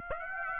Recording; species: mosquito wingbeat signal from an infrared sensor; Aedes aegypti